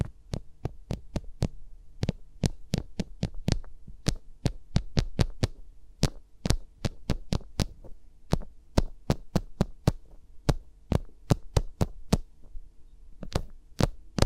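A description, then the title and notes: Fingers tap and brush close against a microphone in quick, crisp strikes, roughly two or three per second, in uneven clusters with brief pauses. Each tap has a soft thump underneath, and a low steady hum sits in the background throughout. ASMR with Mics Around My Fingers (No Talking).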